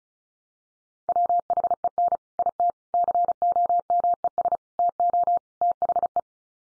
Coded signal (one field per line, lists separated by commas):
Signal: Morse code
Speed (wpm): 34 wpm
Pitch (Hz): 700 Hz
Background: none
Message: WHEN IT COMES TO THE